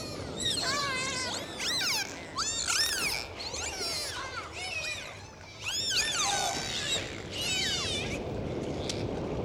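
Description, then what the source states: Dolphin whistles: many overlapping rising and falling squeals with rapid wavering loops, nearly continuous, over a steady background hiss. Dolphins described as cheerful.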